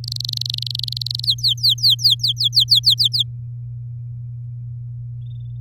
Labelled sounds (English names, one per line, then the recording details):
Domestic Canary song
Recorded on 7 May 2018 at 14:19
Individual llb16